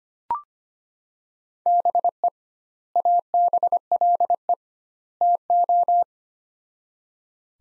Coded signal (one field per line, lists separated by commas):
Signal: Morse code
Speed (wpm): 25 wpm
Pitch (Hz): 700 Hz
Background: none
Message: BE ABLE TO